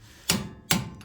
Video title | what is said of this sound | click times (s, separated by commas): FORD RANGER LIFTS 3-inch Leveling Kit (2024 Ranger XLT 2.7) | oh nice nice clicks all right so we're done with this side | 0.3 s, 0.7 s